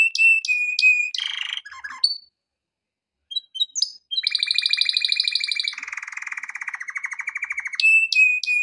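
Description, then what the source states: Canary song: sharp repeated high notes, a rough rattle, short chirps after a pause, then long rapid trills dropping in pitch, and the sharp notes again. Intended for training canaries.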